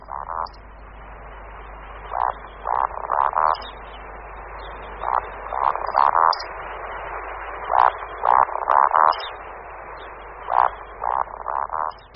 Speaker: Tok sluky lesní probíhá zejména od poloviny března do konce dubna a potom ještě v období druhého hnízdění v červnu.